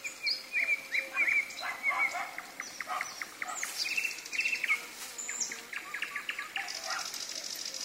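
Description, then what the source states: Common nightingale song, fast repeated chips and level whistles, then a rolling series of clicks and a long high trill at the close. Singing in the evening, with thunder.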